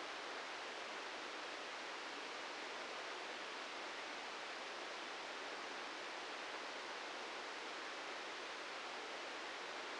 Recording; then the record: brain microelectrode recording played as sound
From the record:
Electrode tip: inside the subthalamic nucleus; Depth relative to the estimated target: -2 mm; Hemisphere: right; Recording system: NeuroSet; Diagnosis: Parkinson's disease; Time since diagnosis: 13 years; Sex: male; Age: 65 years